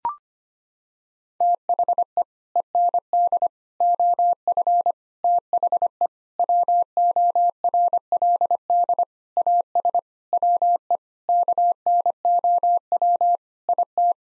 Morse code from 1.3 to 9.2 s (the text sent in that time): THE END OF THE WORLD